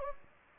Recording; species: mosquito wingbeat signal from an infrared sensor; Anopheles gambiae